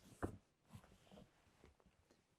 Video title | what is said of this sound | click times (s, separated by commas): 2027 Newmar Ventana Walkthrough - Complete Owner Orientation & Feature Guide | and you'll hear it lock in place. | 0.2 s